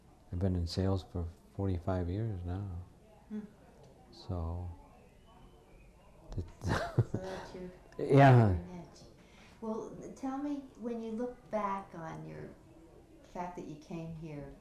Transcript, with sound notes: I've been in sales for forty-five years now.
Hmm.
So — [Laughs]
That's your niche.
Yeah.
Well, tell me, when you look back on your — the fact that you came here